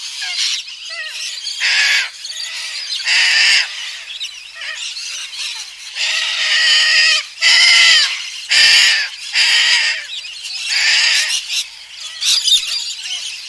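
Little corella screeching: loud harsh rasping screeches repeated at irregular intervals, overlapping a constant chatter of other flock members.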